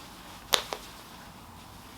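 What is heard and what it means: A metal press-stud on a sewn garment pocket flap is pressed into its socket and snaps shut with a sharp, loud snap at 0.5 s, followed by a fainter click at 0.7 s. The stud is seated.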